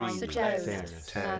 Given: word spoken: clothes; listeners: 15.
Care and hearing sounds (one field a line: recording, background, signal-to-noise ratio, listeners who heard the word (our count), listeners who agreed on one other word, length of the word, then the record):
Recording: one English word in noise, from a listening test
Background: four-talker babble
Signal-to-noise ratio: -2.8 dB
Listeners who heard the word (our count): 0 of 15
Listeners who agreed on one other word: 13 of 15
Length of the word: 1.00 s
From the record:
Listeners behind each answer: 13, 2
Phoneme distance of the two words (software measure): 57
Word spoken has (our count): 1 syllable, 5 phonemes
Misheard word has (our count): 2 syllables, 6 phonemes, stress on syllable 2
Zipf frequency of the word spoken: 4.74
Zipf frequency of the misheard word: 4.63